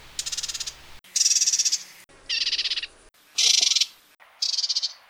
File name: Sylcurcur bly hal alt laru